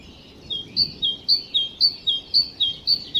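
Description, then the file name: Great tit song: clear two-note whistled phrases, a higher note dropping to a lower one, repeated steadily about twice a second after a short quiet start. "Parus major"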